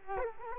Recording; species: mosquito wingbeat signal from an infrared sensor; Culex quinquefasciatus